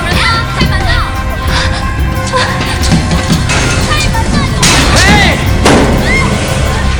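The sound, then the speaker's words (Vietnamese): Frightened people bang their fists repeatedly on a thick, heavy door, hoping someone outside will hear their cries for help: a loud, irregular series of dull thuds and crashes, with muffled, agitated voices talking through the pounding. “Họ hoảng sợ đập mạnh vào cửa với hy vọng ai đó ở ngoài sẽ nghe thấy tiếng kêu cứu tới giúp họ mở cánh cửa nặng nề này ra.”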